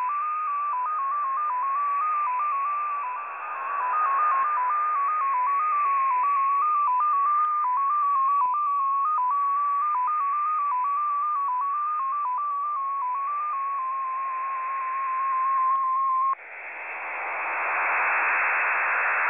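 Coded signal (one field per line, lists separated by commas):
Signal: multi-tone FSK (Olivia or MFSK type)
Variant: XPA2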